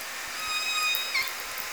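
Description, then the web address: Killer whale call: a faint, flat, harmonic tone lasting about half a second, then a brief note, over steady hiss. Southern Resident killer whales, L pod. "Orca Calls Alwin Audiosamples"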